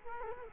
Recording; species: mosquito wingbeat signal from an infrared sensor; Culex quinquefasciatus